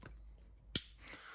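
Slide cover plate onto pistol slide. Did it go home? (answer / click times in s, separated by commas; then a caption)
yes / 0.8 s. The metal rear slide cover plate of a Canik TP9 Elite SC pistol is slid up onto the slide with a punch. After a faint tap at 0.1 s, a single sharp click at 0.8 s marks the plate seating into place, leaving it secure.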